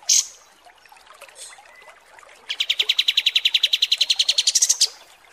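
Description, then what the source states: Pied triller song: a sharp high note, a quiet gap, then a steady fast trill of bright repeated notes lasting over two seconds, ending with high squeaks. Masteran training recording of kapas tembak, labelled 'mewah'.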